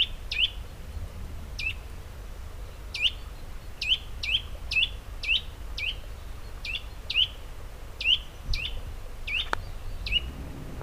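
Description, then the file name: Eurasian nuthatch calling with clipped, upward-flicking notes, some in quick pairs, at uneven intervals against a low rumbling background. "Sitta europaea"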